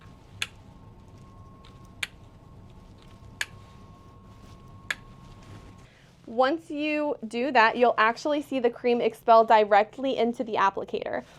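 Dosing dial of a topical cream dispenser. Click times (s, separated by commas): 0.4 s, 2.0 s, 3.4 s, 4.9 s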